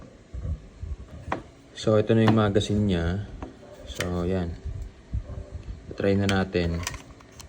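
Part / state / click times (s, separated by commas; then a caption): magazine into pistol grip / not seated / none. A pistol magazine is handled near the grip of a SIG P365 after its magazine release has been moved to the left side for left-handed use, with light clicks and taps heard while someone talks. The clip ends before the magazine is inserted, so nothing has seated or clicked yet.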